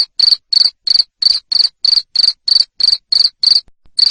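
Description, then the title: Cricket giving loud, buzzy chirps in a quick steady series, roughly three per second, with a short gap near the end. Loud cricket chirping played to make lovebirds sing continuously. "Suara JANGKRIK NGERIK Keras Bikin LOVEBIRD Jadi NGEKEK Terus Vubey"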